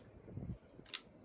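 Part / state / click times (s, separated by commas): crossbow string from trigger latch via decocker / released / 0.9 s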